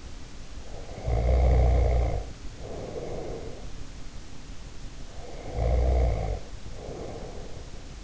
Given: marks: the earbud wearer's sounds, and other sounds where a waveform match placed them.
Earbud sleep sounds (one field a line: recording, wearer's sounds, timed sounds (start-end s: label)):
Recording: sounds in sleep by an in-ear microphone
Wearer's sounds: snoring breath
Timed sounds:
0.62-3.81 s: snoring breath
5.03-8.03 s: snoring breath